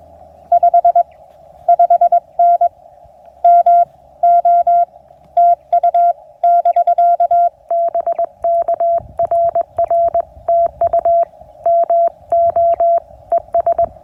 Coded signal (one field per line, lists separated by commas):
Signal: Morse code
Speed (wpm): 20 wpm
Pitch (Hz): 680 Hz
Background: none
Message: 55N MO TU <BK> BK RR TU MO ES